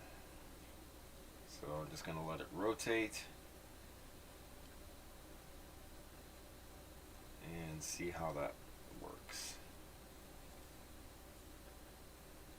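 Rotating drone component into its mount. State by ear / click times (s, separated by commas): not seated / none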